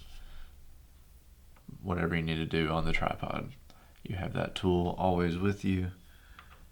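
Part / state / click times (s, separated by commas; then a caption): hex key tool into its storage slot in a travel tripod leg / seated / 6.4 s. Someone talks as the magnetic Allen-key (hex) tool for a Peak Design Travel Tripod is slid back down into its storage slot in the tripod leg. A short, sharp tick at 6.4 s marks the tool snapping into place, seated.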